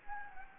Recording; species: mosquito wingbeat signal from an infrared sensor; Anopheles gambiae